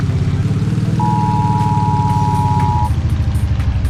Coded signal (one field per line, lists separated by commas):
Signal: Emergency Alert System (SAME) tones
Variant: 853 and 960 Hz attention tone